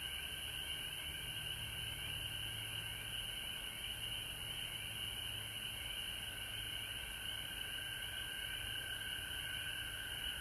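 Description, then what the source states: Frog chorus of overlapping high trills forming a constant drone, with a lower-pitched band of calls and faint low rumble. Frogs calling at home in Georgia, recorded March 19, 2020.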